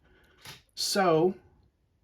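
A small blue plastic accessory piece is handled near a socket on the back of a NECA Toys Defenders of the Earth Wave 2 action figure's creature companion, with a brief soft handling noise around 0.5 s. Someone then talks from about 0.8 to 1.3 s. Nothing has seated or clicked yet.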